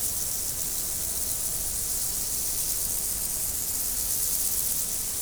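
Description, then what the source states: Insect chorus makes a continuous high, hissing shimmer with no breaks, over a faint low rumble. Insects recorded in nature in 2014, after leaving Várbóc.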